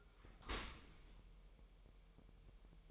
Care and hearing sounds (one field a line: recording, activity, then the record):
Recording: daily activity, microphone in the room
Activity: open dishwasher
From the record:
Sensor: 1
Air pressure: 1000.7 hPa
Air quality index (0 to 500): 247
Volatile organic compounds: 143 ppm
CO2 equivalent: 3991 ppm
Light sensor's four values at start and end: 11/28/11/12 and 11/28/11/12